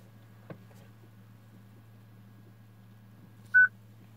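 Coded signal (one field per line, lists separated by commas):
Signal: beep code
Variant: Peugeot/Citroën RD45 car radio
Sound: a single short beep around 1.5 kHz over a low steady hum, plus a faint click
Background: low electrical hum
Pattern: 1 short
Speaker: Recebi um RD45 do 308. Quando vira a chave, ele fica bipando, ó.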